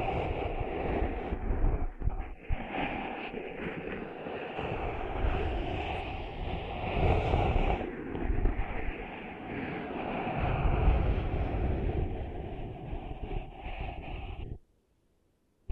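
Sand is cleaned out of ears as a continuous rough, rumbling scrape with a steady gritty hiss riding on top. The rubbing swells in a few heavier surges, around 7 and 11 seconds, then cuts off abruptly near 14.5 seconds into silence.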